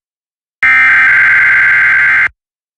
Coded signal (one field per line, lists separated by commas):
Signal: Emergency Alert System (SAME) tones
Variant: header bursts